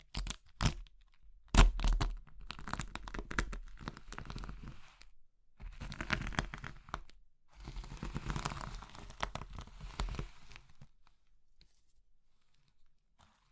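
Crushing sounds come in dense, crackly bursts with sharp snaps near the start, busy crumbling around 2–5 and 8–10 seconds, then fading quiet.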